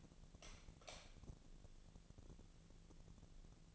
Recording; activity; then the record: daily activity, microphone in the room; light on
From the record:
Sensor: 4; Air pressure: 1000.9 hPa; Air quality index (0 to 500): 124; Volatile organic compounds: 1 ppm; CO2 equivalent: 935 ppm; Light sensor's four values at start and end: 28/67/28/29 and 30/78/31/34